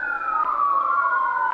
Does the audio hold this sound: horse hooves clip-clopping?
no